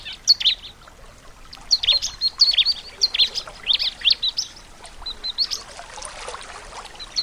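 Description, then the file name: Bar-winged prinia song: scattered quick, high, chirpy notes in uneven bursts over faint background noise. Nature-therapy sound for a ciblek that has stopped singing (macet). "terapi alam ciblek macet"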